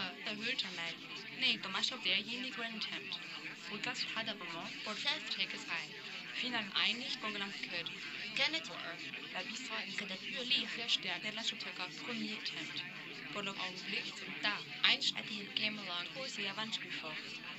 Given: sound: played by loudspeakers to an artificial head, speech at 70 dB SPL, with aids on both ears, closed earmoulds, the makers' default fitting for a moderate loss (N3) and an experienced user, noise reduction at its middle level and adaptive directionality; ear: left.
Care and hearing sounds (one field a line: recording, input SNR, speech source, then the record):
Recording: speech test signal (ISTS) in cocktail-party noise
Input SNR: 0 dB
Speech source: in front (0 degrees)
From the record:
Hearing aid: class 1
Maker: D